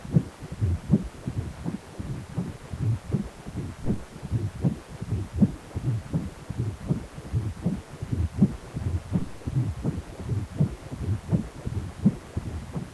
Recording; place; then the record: Doppler ultrasound of blood flow; precordium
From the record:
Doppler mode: continuous wave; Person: healthy adult, 18 to 50 years, no heart murmur, not diving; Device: 2.5 MHz transducer